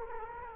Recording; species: mosquito wingbeat signal from an infrared sensor; Culex quinquefasciatus